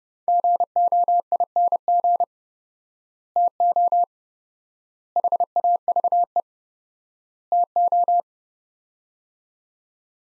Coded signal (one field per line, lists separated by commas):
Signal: Morse code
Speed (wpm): 30 wpm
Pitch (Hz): 700 Hz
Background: none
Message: GOING TO HAVE TO